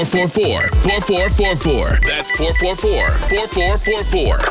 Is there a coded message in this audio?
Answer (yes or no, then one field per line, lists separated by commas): no